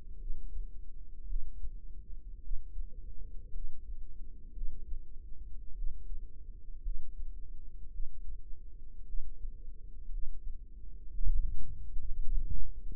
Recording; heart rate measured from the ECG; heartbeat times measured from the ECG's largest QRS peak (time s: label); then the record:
heart sounds by microphone in the right ear; 55 bpm
0.19 s: heartbeat
1.27 s: heartbeat
2.42 s: heartbeat
3.52 s: heartbeat
4.54 s: heartbeat
5.75 s: heartbeat
6.83 s: heartbeat
7.91 s: heartbeat
9.06 s: heartbeat
10.10 s: heartbeat
11.12 s: heartbeat
12.21 s: heartbeat
From the record:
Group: healthy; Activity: rest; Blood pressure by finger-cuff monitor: 94/58 mmHg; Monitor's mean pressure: 70 mmHg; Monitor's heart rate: 54 bpm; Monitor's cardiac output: 4.8 L/min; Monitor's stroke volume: 90 mL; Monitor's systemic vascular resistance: 1050 dyn s/cm5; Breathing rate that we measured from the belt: 19 breaths a minute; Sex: female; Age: 28 years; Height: 170 cm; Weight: 77 kg